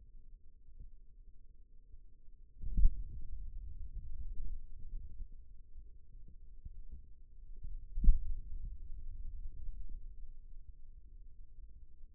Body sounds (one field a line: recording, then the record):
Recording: forearm muscle sounds (acoustic myography)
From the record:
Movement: finger pinch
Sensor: system 2, bracelet of six BSWA MPA416 microphones around the upper forearm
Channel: 3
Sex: male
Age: 22 years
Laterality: right